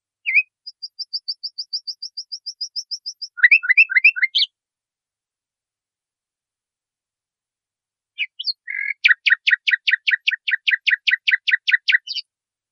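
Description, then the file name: Nightingale song: a steady series of repeated notes into a varied flourish, a pause of several seconds, then a fast, rhythmic repeated phrase. Masteran recording, used for training cage birds. "suara masteran nightingale"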